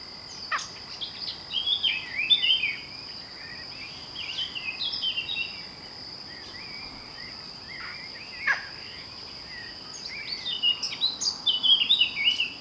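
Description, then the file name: Eurasian blackcap singing short warbled phrases of varied, fluty notes several times, with a few sharp clicks and a constant high-pitched insect drone behind. "Sylvia atricapilla"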